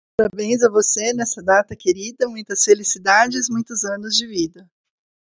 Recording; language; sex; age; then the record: short text; Brazilian Portuguese; female; 40 to 49 years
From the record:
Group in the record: control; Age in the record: 46 years